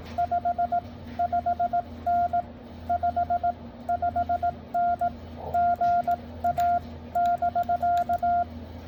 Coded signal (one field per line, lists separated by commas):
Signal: Morse code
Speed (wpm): 18 wpm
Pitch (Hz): 690 Hz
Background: none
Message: 55N 55N GA <BK>